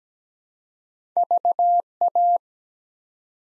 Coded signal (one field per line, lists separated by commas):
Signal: Morse code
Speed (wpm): 17 wpm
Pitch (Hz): 700 Hz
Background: none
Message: VA